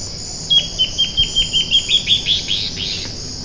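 Bird calling with a rapid series of about a dozen sharp, high notes, evenly spaced, against a continuous shrill insect drone.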